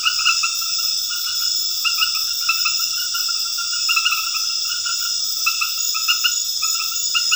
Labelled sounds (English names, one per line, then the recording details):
none
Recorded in dense forest near Puerto Asís, Putumayo, Colombia, on 18 February 2024 at 23:00
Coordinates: 0.496, -76.326
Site G6383